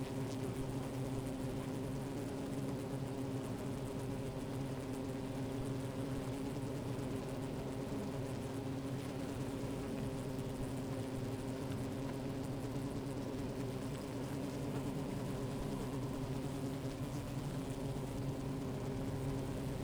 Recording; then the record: honeybee colony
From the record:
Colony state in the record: active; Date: 28 July 2017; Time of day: 13:33